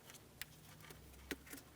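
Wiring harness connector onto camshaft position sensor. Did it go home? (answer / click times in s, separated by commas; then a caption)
no / none. A plastic wiring harness connector is lined up and pressed onto a new camshaft position sensor on a 2007-2014 Ford Edge 3.5L V6. Faint handling ticks sit over a low steady hum, with a sharp short tick at about 0.4 s and another at about 1.3 s. The connector has not seated or clicked in yet.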